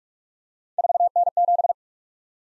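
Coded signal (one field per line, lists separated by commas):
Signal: Morse code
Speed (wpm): 44 wpm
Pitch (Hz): 700 Hz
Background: none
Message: 4N7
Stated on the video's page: Morse practice of random three-character letter-number groups at 45 wpm, each group sent, spoken, then sent again, for head-copy.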